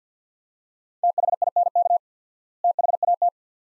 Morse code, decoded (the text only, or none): THINK THAT